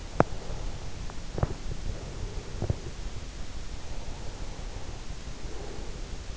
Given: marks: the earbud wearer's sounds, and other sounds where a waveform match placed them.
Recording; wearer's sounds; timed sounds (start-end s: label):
sounds in sleep by an in-ear microphone; teeth grinding, breath
0.00-0.43 s: teeth grinding
0.28-3.05 s: breath
3.86-6.34 s: breath